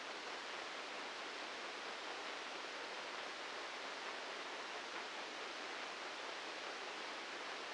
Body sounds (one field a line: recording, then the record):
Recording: brain microelectrode recording played as sound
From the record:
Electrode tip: inside the subthalamic nucleus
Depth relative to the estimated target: -4 mm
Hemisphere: right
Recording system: NeuroSet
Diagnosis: Parkinson's disease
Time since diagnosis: 8 years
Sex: male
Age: 59 years